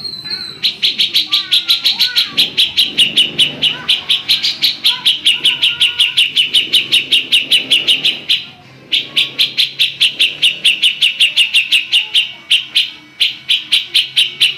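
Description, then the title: Magpie-robin singing a long, fast run of bright, clipped notes with a brief pause partway through. "Kicau Kacer"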